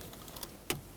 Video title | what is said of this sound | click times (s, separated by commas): How to Replace Combination Switch 2000-2007 Ford Taurus | so once you hear that click you know you're | 0.7 s